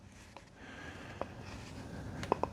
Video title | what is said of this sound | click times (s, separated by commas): Tineco Floor ONE S7 PRO Smart Cordless Wet Dry Vacuum & Mop Unboxing | It's a little tricky, line that up, push it on, and it clicks into place. | 2.3 s, 2.4 s